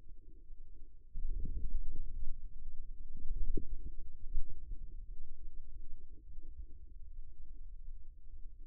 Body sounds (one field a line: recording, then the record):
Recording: forearm muscle sounds (acoustic myography)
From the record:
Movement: ulnar deviation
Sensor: system 2, bracelet of six BSWA MPA416 microphones around the upper forearm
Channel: 1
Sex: male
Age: 22 years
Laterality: right